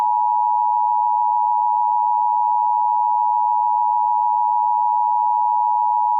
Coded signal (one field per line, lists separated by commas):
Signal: Emergency Alert System (SAME) tones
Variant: 853 and 960 Hz attention tone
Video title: (EAS Scenario) Wildfire (Walking Dead)